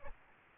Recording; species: mosquito wingbeat signal from an infrared sensor; Aedes albopictus